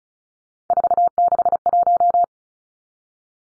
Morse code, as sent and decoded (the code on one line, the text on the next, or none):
....- -.... .----
461